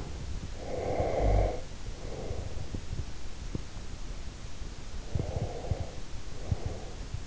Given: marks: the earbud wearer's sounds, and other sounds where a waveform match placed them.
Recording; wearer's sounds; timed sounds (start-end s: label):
sounds in sleep by an in-ear microphone; breath
0.52-2.83 s: breath
4.94-7.27 s: breath